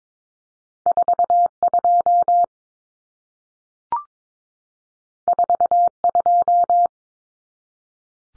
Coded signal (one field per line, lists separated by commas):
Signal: Morse code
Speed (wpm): 22 wpm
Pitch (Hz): 700 Hz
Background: none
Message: 42 42